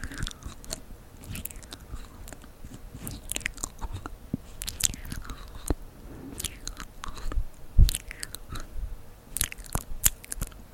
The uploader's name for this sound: ASMR Mouth Sounds and Tracing your Face